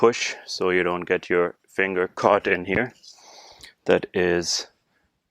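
On an Infiniti G37 convertible being closed by hand, the trunk lid frame latch of the convertible top is being handled, with the frame halves to be pushed together against spring tension. Someone talks throughout the clip. Nothing has seated or clicked yet.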